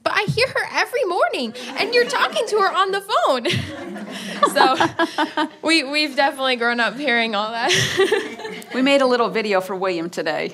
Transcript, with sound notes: “But I hear her every morning, and you’re talking to her on the phone!” (laughter) So we’ve definitely grown up hearing all that.
We made a little video for William today